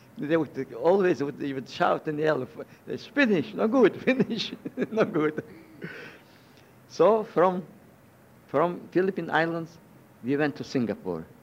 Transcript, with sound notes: They would shout and yell, "It is finish, no good, finish, no good." (he laughs) So from Philippine Islands we went to Singapore.